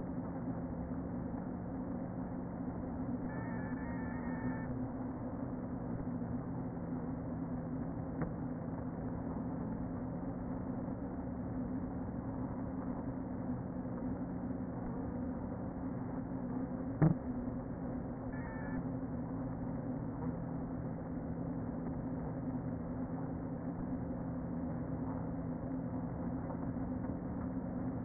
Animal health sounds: honeybee colony, microphone inside the hive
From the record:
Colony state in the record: queen present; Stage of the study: before two queens were removed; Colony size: about 60,000 bees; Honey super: yes

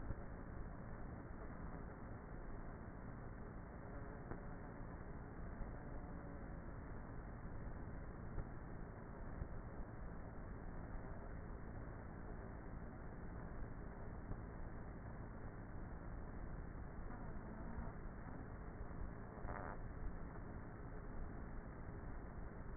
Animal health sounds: honeybee colony, microphone inside the hive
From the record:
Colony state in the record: queenless with a low population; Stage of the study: before two queens were removed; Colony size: about 30,000 bees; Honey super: no

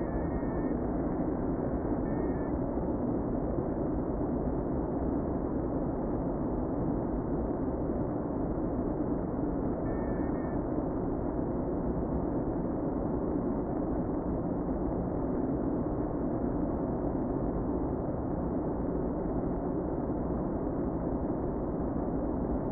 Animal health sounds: honeybee colony, microphone inside the hive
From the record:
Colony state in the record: queen present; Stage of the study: before two queens were removed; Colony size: about 60,000 bees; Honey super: yes

